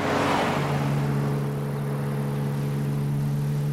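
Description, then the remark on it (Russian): A car rolls to a stop beside a summer house, a broad rushing noise fading within the first second, then its engine settles into a steady, low idling hum that continues to the end. “Орен тормозит возле летнего домика.”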